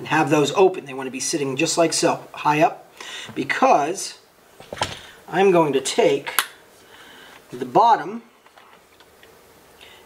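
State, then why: Not seated. Someone talks while handling a Sig Sauer 516 Patrol rifle, with its front and rear takedown pins pushed out and open so the metal upper receiver can be brought down onto the lower receiver. Near the end, a few soft, short handling knocks are heard at about 8.5 to 9.2 seconds. The upper has not seated onto the lower and nothing has clicked yet.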